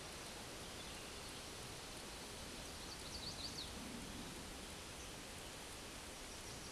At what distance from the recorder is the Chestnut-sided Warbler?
about 85 m